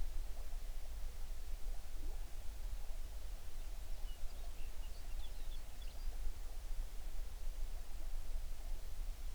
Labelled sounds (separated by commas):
songbird